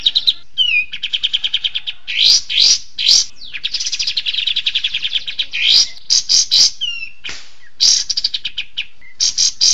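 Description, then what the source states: Birdsong with fast rattling trills, loud chipping bursts and brief slurred whistles, phrases switching quickly through the recording. Tutor song used for training songbirds (masteran).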